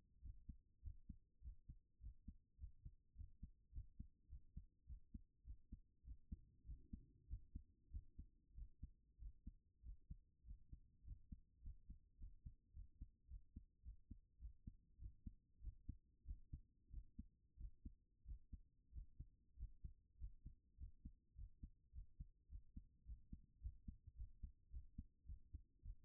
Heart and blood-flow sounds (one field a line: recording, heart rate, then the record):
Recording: heart sounds by stethoscope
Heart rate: 101 bpm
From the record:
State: at rest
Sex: female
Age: 39 years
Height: 175 cm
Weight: 68 kg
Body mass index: 22.20